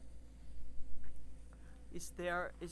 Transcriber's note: she pauses to catch her breath